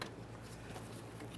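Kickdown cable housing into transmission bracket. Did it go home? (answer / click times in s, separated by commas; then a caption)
no / none. A kickdown cable housing on a 1994–2001 Dodge Ram 1500 is handled near its bracket at the transmission, with a brief sharp tick at 0.0 s followed by low, steady handling rustle over a constant low hum. The housing has not yet been pressed home, so nothing has seated or clicked yet.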